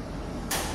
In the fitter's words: when I press the start button then click you just heard that's going to lock the door so right now the doors locked it's not going to allow me to open it